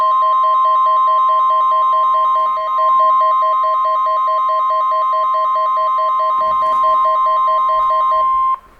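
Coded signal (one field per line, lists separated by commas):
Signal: Emergency Alert System (SAME) tones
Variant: 1050 Hz attention tone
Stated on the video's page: Required Weekly Test (RWT) alert, now sent with the double tone rather than the single tone.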